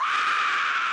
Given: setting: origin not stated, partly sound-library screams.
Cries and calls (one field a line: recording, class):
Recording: one-second piece from a danger detection set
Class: woman in danger